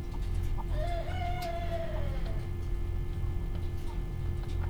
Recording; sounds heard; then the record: poultry house recording; healthy chickens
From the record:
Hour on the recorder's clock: 17